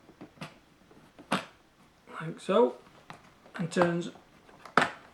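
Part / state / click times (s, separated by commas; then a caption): automatic vent into a cassette toilet tank / seated / 4.8 s. A new plastic automatic vent is dropped into the housing of a cassette toilet tank and turned until it locks in. Someone talks, with soft handling sounds in between, and a sharp plastic click at 4.8 s confirms the vent has seated.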